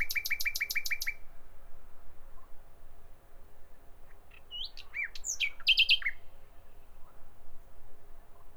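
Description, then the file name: Common nightingale song: a quick burst of about seven sharp repeated notes, a pause, then a varied cluster of short whistled and clicking notes. "Nachtigall"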